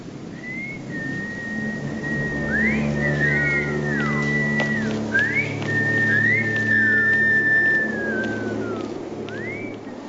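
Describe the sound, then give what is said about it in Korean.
Someone whistles a lilting tune in sustained, sliding notes with quick upward swoops, heard over a steady low hum and rumble throughout. “이때 휘파람을 불면서 어린 시절의 아들, 딸들이 모두 나타납니다.”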